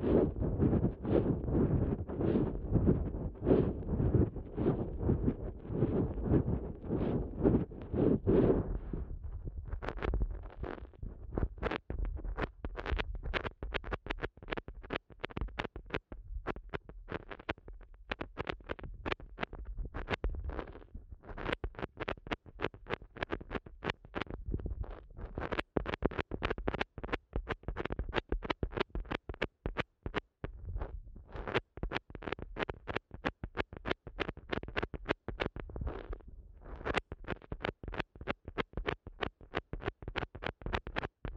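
A sensitive eardrum massage in ASMR style begins with about nine seconds of thick, muffled rubbing and rustling, low and full. It then shifts to quick, crisp tapping and clicking, densely packed and fairly regular, that carries on to the end with brief pauses.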